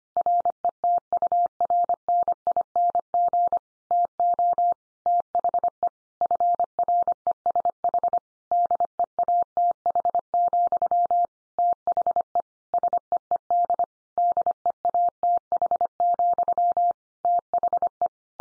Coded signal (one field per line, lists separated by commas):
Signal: Morse code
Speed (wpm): 25 wpm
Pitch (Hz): 700 Hz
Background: none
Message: RETURNING TO THE FRESH DEATH, THE SEED DEATH, THE